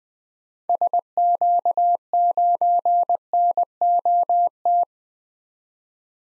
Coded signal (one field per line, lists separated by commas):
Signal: Morse code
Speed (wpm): 21 wpm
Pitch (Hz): 700 Hz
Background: none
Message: SQ9NOT